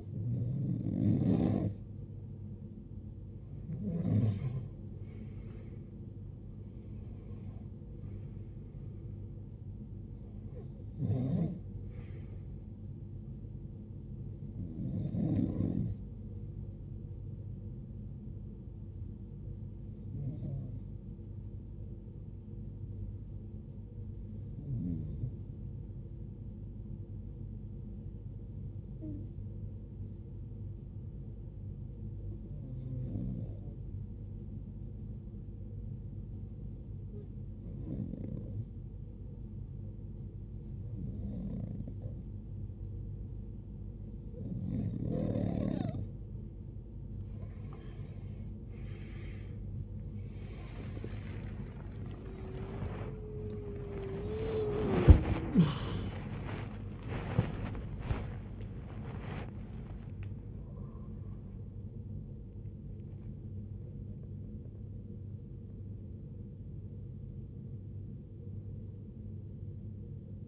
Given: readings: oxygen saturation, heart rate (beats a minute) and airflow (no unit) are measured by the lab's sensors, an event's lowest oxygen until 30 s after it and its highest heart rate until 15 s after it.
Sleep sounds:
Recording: breathing in sleep by a smartphone at the bedside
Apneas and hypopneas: 1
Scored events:
33.00-58.20 s: hypopnea (REM, oxygen 96% highest, then 94% lowest, heart rate 72 at the start, 103 highest)
50.00-70.47 s: new sleep stage, awake
52.00-70.47 s: awake
From the record:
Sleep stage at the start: REM sleep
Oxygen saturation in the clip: 94 to 96%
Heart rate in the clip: 46 to 103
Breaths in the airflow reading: 16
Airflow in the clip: -16.2 to 17.3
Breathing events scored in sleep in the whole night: 389 in 6.3 hours asleep

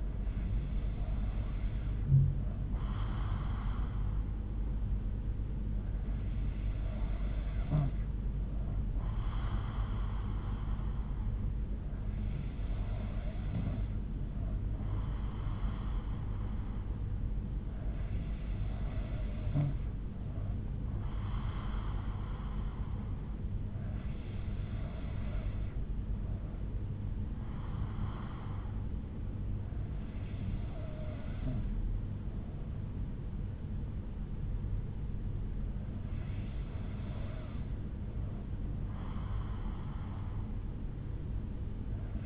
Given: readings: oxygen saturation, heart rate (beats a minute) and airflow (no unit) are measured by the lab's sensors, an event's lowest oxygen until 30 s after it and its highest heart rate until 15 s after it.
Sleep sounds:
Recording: breathing in sleep by a smartphone at the bedside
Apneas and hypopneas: none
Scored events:
none scored
From the record:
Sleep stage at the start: N3 (deep sleep)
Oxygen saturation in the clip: 93%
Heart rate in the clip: 59 to 63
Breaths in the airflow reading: 7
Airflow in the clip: -5.0 to 3.1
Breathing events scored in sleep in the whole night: 368 in 8.0 hours asleep

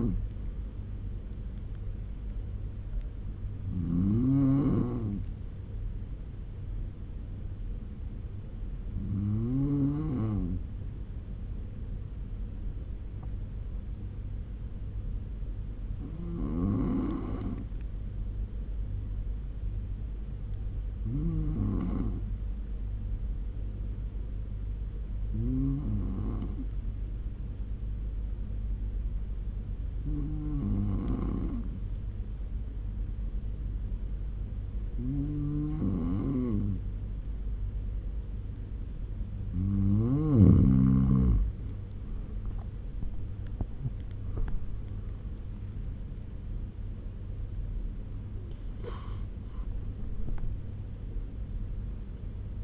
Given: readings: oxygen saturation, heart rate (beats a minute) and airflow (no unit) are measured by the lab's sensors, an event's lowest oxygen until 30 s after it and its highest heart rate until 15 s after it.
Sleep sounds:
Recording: breathing in sleep by a smartphone at the bedside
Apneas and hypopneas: 1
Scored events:
14.00-40.50 s: hypopnea (N1, oxygen 97% highest, then 93% lowest, heart rate 74 at the start, 88 highest)
26.00-52.64 s: new sleep stage, N2 (light sleep)
From the record:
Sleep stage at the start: N1 (lightest sleep)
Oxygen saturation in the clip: 91 to 97%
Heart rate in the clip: 64 to 88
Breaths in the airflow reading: 10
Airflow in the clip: -6.1 to 11.2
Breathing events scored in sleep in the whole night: 201 in 6.5 hours asleep

